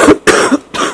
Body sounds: coughing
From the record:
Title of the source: 31 night wet cough

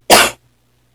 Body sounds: coughing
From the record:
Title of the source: 61 morning phlegmy cough...again

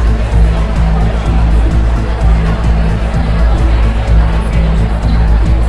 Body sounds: background sound without coughing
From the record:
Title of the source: Party Noise 1 Hour Party Ambience

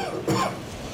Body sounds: coughing mixed with background sound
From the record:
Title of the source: Cough Around the Clock!

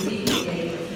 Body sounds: coughing mixed with background sound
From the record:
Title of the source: Wet coughing

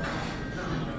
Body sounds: background sound without coughing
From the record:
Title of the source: 60 minutes of coffee shop sounds for study and concentration

